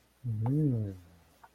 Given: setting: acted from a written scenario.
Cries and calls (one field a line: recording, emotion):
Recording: vocal sound without words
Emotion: desire